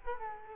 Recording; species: mosquito wingbeat signal from an infrared sensor; Culex quinquefasciatus